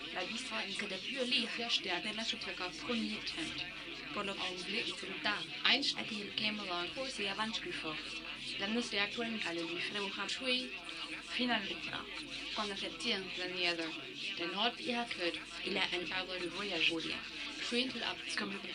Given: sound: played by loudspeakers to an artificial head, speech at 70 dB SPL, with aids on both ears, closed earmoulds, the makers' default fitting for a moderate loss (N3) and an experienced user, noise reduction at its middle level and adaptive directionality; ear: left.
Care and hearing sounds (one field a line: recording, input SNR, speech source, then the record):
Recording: speech test signal (ISTS) in cocktail-party noise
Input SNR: +9 dB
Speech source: on the right (90 degrees)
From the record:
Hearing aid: class 2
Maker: D